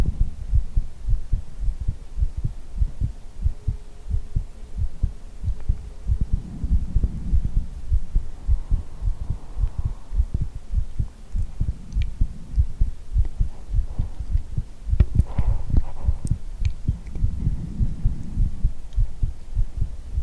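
Steady, deep thumping adult heartbeat pulses run throughout under a low hum, heard close-up as if with the head held against the chest, with soft breathy blowing into the ear drifting in at intervals. The rhythm is somewhat uneven in loudness.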